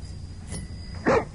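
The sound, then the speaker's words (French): A dog gives a single short, sharp bark after a fainter, softer yelp, set against a low steady background hum. “Et un chien.”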